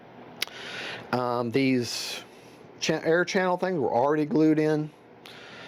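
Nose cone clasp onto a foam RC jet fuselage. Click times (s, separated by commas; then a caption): 0.4 s. A plastic nose cone with a strong clasp is pushed onto the fuselage of an FMS Avanti S 90mm foam RC jet, and the clasp pops into place with a sharp click at 0.4 s, seated so it will not come off. Someone then talks.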